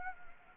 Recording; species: mosquito wingbeat signal from an infrared sensor; Anopheles gambiae